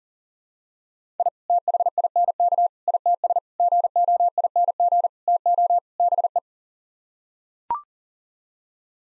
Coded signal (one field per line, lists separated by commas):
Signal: Morse code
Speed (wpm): 40 wpm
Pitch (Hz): 700 Hz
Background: none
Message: I THINK ITS GOING TO BE